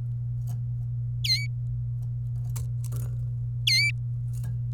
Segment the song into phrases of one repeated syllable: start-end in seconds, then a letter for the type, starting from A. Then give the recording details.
1.24-1.47 A, 3.67-3.90 A. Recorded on 26 April 2018 at 14:42. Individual llb3